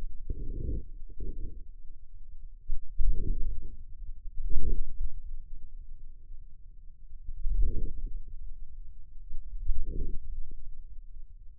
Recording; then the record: forearm muscle sounds (acoustic myography)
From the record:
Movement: hand closing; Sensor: system 2, bracelet of six BSWA MPA416 microphones around the upper forearm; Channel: 6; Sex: male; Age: 22 years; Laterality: right